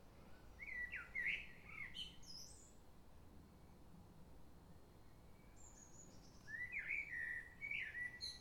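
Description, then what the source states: Common blackbird giving two rich whistled, warbling phrases about six seconds apart, with high scratchy twitters, against a soft low background hum. Recorded at Crystal Palace in London, England.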